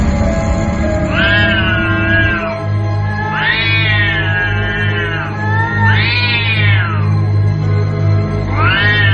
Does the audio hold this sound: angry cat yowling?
yes